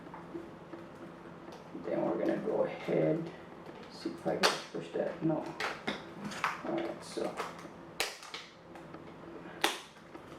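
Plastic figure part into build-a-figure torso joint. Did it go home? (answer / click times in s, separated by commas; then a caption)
yes / 9.6 s. A plastic Build-A-Figure part is pushed onto the figure's torso joint while someone talks, with small handling taps and scrapes of plastic throughout. A sharp click at 9.6 s marks the part seating into place.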